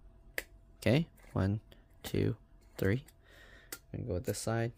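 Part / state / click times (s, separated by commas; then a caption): twist-lock retention latch on a motherboard / seated / 0.4 s. A screwdriver turns a twist-lock retention latch on a motherboard to hold a component, and the latch seats with a single sharp click at 0.4 s. Someone talks before and after the snap.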